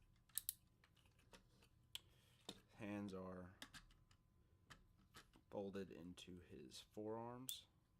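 Someone handles a plastic Soundwave Fall of Cybertron Voyager Class action figure, folding its hand into its forearm during transformation, with short sharp handling clicks and rattles near 0.4, 0.5, 2.0 and 2.5 seconds while someone talks. The hand has not seated or clicked home into the forearm yet.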